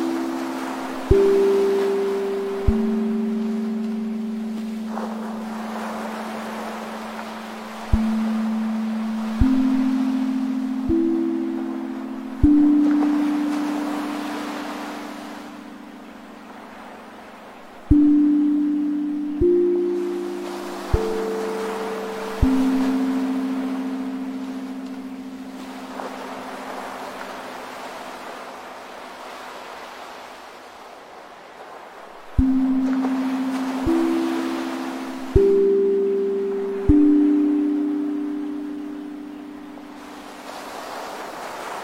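A steel tongue drum plays slow clusters of mellow, ringing notes that fade gradually, with pauses between phrases over a soft, steady hiss.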